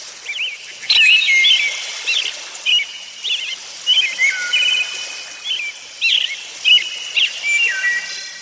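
Bird calling in quick, twisting high chirps and short trills, repeated in bursts.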